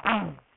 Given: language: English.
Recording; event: throat vibration sensor signal played as sound; throat clearing